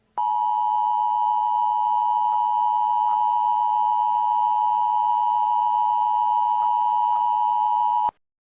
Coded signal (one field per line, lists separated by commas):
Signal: Emergency Alert System (SAME) tones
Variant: 853 and 960 Hz attention tone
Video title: The Divided States of America: An EAS Scenario